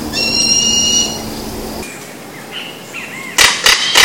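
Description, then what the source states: Southern crested caracara giving one harsh, grating note, followed by faint bird chirps and several sharp knocking sounds. Recorded at Parque Estadual da Cantareira, São Paulo state, Brazil, on 19 January 2013.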